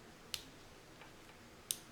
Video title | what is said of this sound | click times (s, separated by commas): Accessing a Port a cath | You need to hear that click, so that's important. | 1.7 s